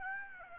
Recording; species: mosquito wingbeat signal from an infrared sensor; Aedes aegypti